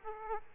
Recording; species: mosquito wingbeat signal from an infrared sensor; Aedes aegypti